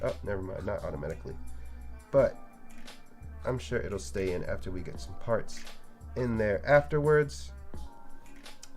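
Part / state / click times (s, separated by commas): plastic frame part into model kit inner frame / seated / 8.6 s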